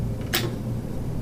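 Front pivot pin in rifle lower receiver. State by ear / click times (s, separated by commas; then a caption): released / 0.3 s. The front pivot pin on an AR-15 rifle's lower receiver is pulled outward until it sets at its detent, so the upper and lower receivers can be separated. A single sharp click is heard at 0.4 s over a low, steady background hum. The pin clicks into its open position, releasing the receivers.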